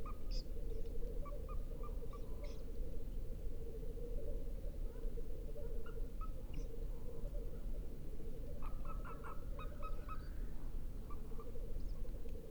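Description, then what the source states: Tengmalm's owl feeding calls: short, soft chirping notes in loose clusters, heaviest near the start and again after eight seconds, over a steady low droning hum. Feeding calls given by a female.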